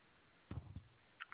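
Adult male commentator sneezes during a soccer commentary, then apologises for it.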